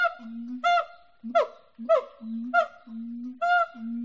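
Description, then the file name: Siamang calling with deep droning booms that alternate with short, bright, harmonic barks, trading back and forth roughly every half second. "audio hero Monkey Siamang Monkey"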